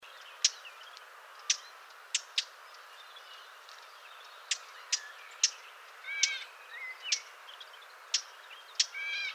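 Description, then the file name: Eurasian blackcap giving hard ticking tack notes at irregular intervals. "Sylvia atricapilla"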